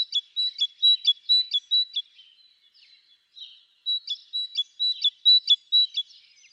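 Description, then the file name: Great tit singing a clear see-saw of two alternating notes, repeated rapidly in two runs separated by a short quieter gap. "Parus major"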